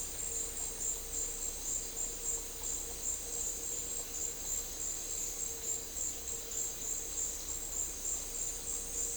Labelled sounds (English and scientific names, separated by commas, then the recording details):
none
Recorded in dense forest near Puerto Asís, Putumayo, Colombia, on 4 March 2025 at 15:00
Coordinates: 0.467, -76.328
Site G041